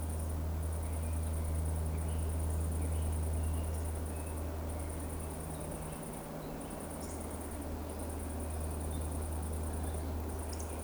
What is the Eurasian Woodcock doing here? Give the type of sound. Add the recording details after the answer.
whistle. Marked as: whistle, whistle, whistle, whistle. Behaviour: display flight. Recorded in Baden-Württemberg, Germany, on 25 June 2020 at 20:00 UTC. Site 14569, 102 m above sea level